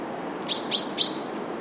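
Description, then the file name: Common chaffinch calling: three short, bright, metallic notes in rapid even succession, clear above a faint hiss. "Fringilla coelebs"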